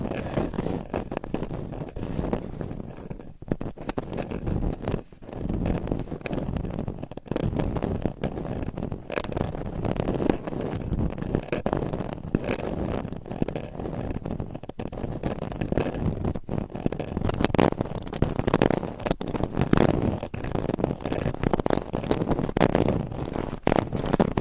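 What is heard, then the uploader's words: Continuous scratching and rubbing against a microphone, dense, with rough low-to-mid textured strokes that rarely let up. Brief sharp breaks and clicks punctuate it around the 3, 5, 7 and 16 second marks. The sound stays fairly even throughout, swelling slightly near the end. ASMR Mic Scratching - Brain Scratching with 4 Mics Hypnotic Asmr No Talking.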